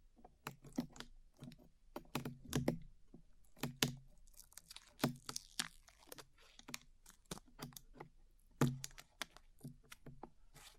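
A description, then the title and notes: Glue peeling off ears makes quick, irregular sticky clicks and soft thumps, with a denser crackling stretch around five seconds and a sharp pop near nine. ASMR Peeling Glue Off Your Ears (No Talking).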